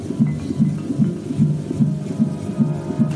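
Fast, regular whooshing thumps, about 150 a minute: a baby's heartbeat heard on a pregnancy ultrasound, just after the pregnancy is confirmed.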